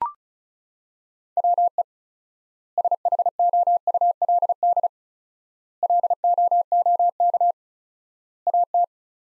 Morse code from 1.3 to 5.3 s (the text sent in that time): WE SHOULD